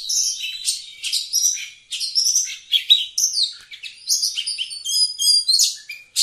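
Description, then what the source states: Oriental magpie-robin in rapid varied song, mixing sharp chirps, clear pure whistles and scratchy phrases in quick bursts with brief gaps. Singing actively, described as gacor.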